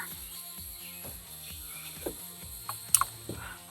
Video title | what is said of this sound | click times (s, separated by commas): Even Easier! 🔥 Always Amber Mod for Chevrolet Silverado by @VenomTrucks | Once you hear that click, go ahead and depress your red one on the bottom portion. | 3.0 s